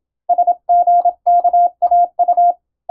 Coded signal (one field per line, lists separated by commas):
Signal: Morse code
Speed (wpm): 27 wpm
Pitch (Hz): 700 Hz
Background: none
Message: SGKAU